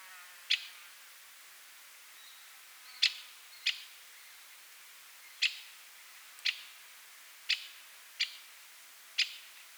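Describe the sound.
White-winged Woodpecker calling with sharp, clipped single notes, about eight over ten seconds at irregular intervals.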